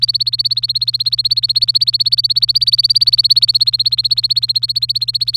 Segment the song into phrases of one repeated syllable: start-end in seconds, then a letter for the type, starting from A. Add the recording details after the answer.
0.00-5.37 A. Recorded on 23 April 2018 at 17:22. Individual llb3